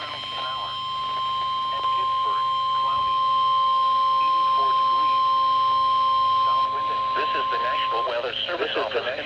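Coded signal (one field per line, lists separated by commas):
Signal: Emergency Alert System (SAME) tones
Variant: 1050 Hz attention tone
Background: speech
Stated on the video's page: Required weekly tests from NOAA weather radio transmitters KWN36 Greggs Knob WV, WXL40 Harrisburg PA, WWG52 Huntington PA, WXK97 Sudlersville MD.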